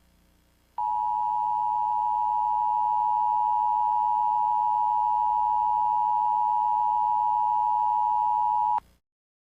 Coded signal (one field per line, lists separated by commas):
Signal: Emergency Alert System (SAME) tones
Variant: 853 and 960 Hz attention tone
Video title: Bunyi EMERGENCY ALERT SYSTEM (EAS) Di Berbagai Negara